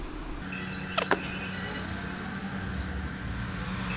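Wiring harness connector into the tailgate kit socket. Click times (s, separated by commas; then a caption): 1.1 s. A wiring harness connector is pushed into its mating socket on the tailgate kit during an electric tailgate installation on a Tesla Model 3. A short snap at 1.0 s is followed by a sharper, louder click at 1.1 s as the connector seats, over a steady low hum. The connector clicks in and is seated.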